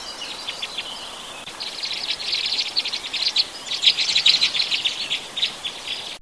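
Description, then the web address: Red crossbill calls: a dense chatter of short, high, clipped notes, rapid and uneven, building in intensity midway over a steady hiss of background noise. "Loxia curvirostra"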